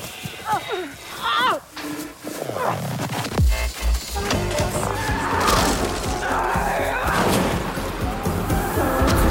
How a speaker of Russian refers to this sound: Врезается в соседскую машину. Летят тысячи осколков.